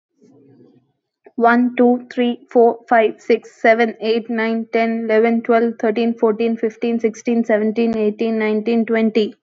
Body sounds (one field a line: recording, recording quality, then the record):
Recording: counting at a fast pace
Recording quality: excellent, no background noise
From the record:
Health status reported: healthy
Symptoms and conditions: none ticked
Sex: female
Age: 24 years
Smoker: not ticked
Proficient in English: yes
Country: India